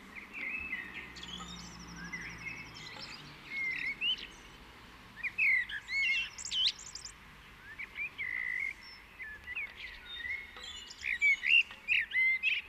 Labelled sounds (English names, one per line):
Common Blackbird song